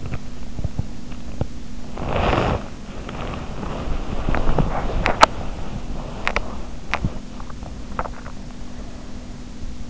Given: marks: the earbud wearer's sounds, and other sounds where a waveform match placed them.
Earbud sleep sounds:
sounds in sleep by an in-ear microphone; teeth grinding, body movement, swallowing
0.00-1.58 s: teeth grinding
1.85-6.88 s: body movement
4.20-5.46 s: swallowing
6.05-9.37 s: swallowing

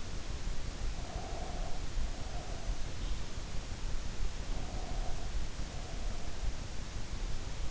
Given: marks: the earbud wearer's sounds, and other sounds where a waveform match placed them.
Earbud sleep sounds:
sounds in sleep by an in-ear microphone; breath
1.02-2.64 s: breath
4.40-6.15 s: breath

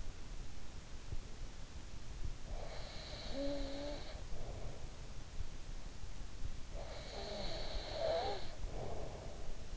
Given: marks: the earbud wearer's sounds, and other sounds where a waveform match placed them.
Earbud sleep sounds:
sounds in sleep by an in-ear microphone; breath
1.98-5.16 s: breath
6.40-9.77 s: breath

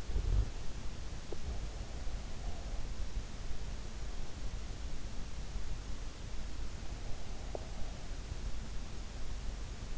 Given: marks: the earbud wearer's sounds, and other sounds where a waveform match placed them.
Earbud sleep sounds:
sounds in sleep by an in-ear microphone; body movement
0.00-1.15 s: body movement

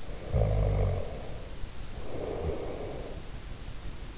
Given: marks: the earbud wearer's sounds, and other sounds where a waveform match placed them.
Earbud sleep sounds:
sounds in sleep by an in-ear microphone; snoring breath
0.00-3.23 s: snoring breath

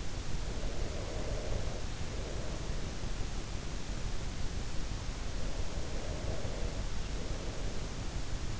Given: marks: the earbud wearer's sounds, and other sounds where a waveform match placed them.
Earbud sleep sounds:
sounds in sleep by an in-ear microphone; breath
0.51-3.24 s: breath
5.29-8.60 s: breath

